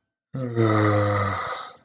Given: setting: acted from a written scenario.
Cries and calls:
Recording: vocal sound without words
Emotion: embarrassment

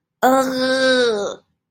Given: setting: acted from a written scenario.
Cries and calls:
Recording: vocal sound without words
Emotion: anger

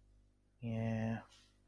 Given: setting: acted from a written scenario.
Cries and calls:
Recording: vocal sound without words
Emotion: neutral

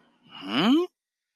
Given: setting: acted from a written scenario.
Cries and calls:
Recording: vocal sound without words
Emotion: confusion

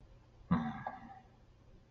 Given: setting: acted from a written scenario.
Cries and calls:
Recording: vocal sound without words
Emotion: shame

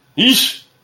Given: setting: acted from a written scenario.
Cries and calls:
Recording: vocal sound without words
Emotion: negative surprise

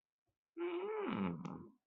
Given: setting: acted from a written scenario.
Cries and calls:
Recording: vocal sound without words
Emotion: interest

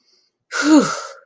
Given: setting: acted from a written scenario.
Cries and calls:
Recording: vocal sound without words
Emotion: relief

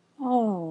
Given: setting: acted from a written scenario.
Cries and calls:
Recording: vocal sound without words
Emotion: guilt

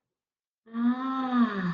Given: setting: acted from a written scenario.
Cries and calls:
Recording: vocal sound without words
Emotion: ecstasy

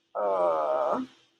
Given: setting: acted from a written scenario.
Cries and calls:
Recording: vocal sound without words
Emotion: shame

